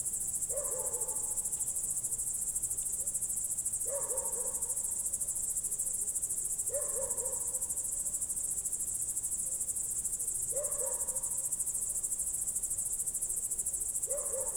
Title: Goworów 6, 57-515, Poland - World Listening Day/Night 18/07/2022-night crickets